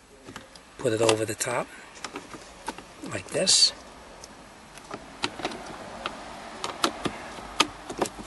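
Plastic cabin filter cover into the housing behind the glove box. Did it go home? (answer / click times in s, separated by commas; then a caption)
yes / 7.6 s. On a Hyundai Santa Fe, a plastic cabin filter access cover is placed over the opening of the housing behind the glove box and pushed until it snaps into place, while someone talks. Light plastic handling taps and clicks follow, ending in a sharp snap at 7.6 s as the cover seats.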